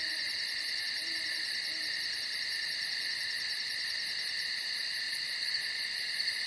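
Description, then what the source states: Crickets keep up a steady high trilling chorus with fast pulsed chirps, while a few soft, low owl hoots sound faintly underneath early on. Night forest ambience; an owl is also named.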